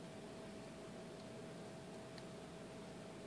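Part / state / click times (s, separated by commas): small internal component onto media player board / not seated / none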